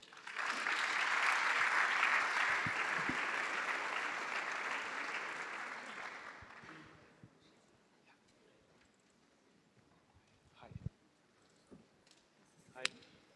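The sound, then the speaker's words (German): An audience at the Entrepreneurship Summit 2017 applauds steadily for about six seconds as two guests are called to the stage, a dense wash of clapping that fades out, followed by quiet with a few scattered knocks and footsteps-like thuds. “bitte einmal nach hier vorne mit einem Applaus.”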